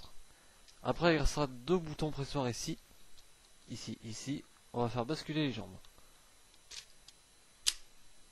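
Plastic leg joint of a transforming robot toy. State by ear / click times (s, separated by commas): seated / 7.7 s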